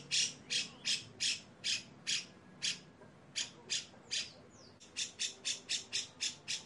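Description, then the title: Grey-cheeked bulbul giving harsh, buzzy rasping notes in a steady series, with a quicker run near the end. Long, harsh "besetan" song style, used as a master and lure recording for training caged birds. "MASTERAN CUCAK JENGGOT GACOR FULL BESETAN KASAR DURASI PANJANG. CUCAK JENGGOT GACOR SUARA BESETAN PANJANG‼️PANCINGAN-MASTERAN BURUNG"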